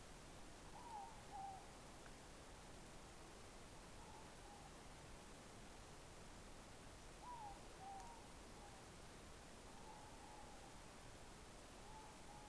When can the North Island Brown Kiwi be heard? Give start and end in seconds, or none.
none